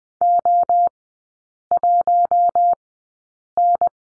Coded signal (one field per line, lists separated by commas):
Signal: Morse code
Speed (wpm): 19 wpm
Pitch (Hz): 700 Hz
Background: none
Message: O1N